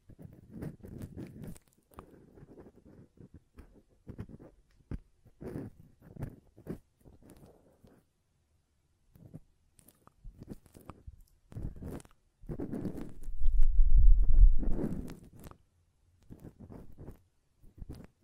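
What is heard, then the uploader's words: Ear cleaning and blowing: short rustling, scratching bursts come in irregular clusters, with quiet gaps around 8 to 9 seconds. Near 13 to 15 seconds a louder, low, rumbling puff of breath blows through, followed by more soft scratchy taps. ASMR Ear Cleaning and Blowing (No Talking).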